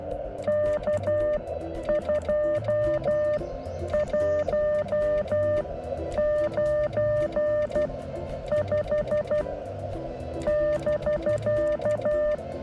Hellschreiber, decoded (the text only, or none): none